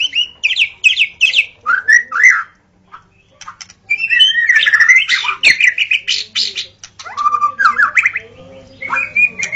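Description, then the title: White-rumped shama singing rapid varied phrases, whistles and chattering notes, with a brief silent gap before resuming a rich medley. Wild bird recorded in forest; natural song. "Kicau Asli Murai Batu Hutan"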